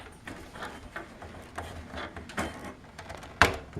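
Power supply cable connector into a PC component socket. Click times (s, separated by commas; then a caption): 3.4 s. While a PC is being assembled, a power supply cable connector is pushed into its socket on a PC component, with soft handling and rustling sounds throughout. A sharp, loud click at 3.4 seconds marks the connector snapping into place, fully seated.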